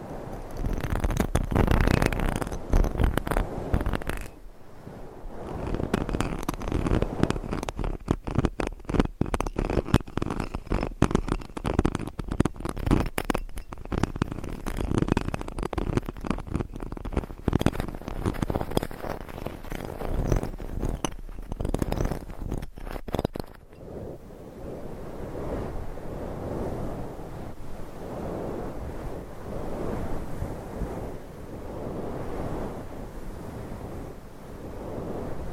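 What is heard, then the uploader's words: Fingernails scratch across a microphone in dense, rapid, rasping strokes that crackle with bright, gritty noise for the first twenty-four seconds. Then the texture shifts abruptly to a softer, duller scraping, quieter and more muffled, with steady rubbing pulses until the end. ASMR Mic Scratching - Brain Scratching with Different Nail Shapes No Talking.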